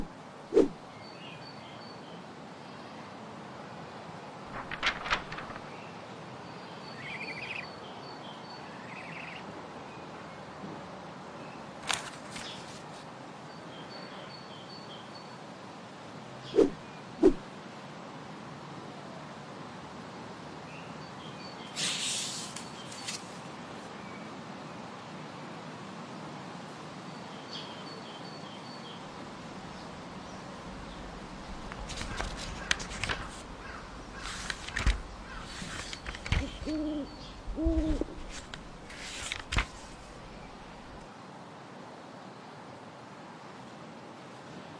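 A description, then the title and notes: A flying broom and an open book: a steady low rumbling hiss runs throughout, broken by brief sharp swishes and flaps near 1, 5, 12, 17 and 22 seconds. A denser cluster of rustling bursts follows from about 31 to 38 seconds, with faint high chirps scattered in the background. Flying broom, open book.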